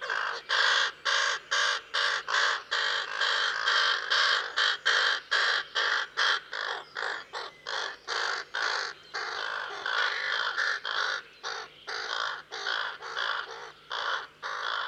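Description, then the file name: Common raven uttering a long, fast series of short, hoarse croaks, more than two a second, harsh and rasping, continuing without a break throughout. "Common Raven (Corvus corax)"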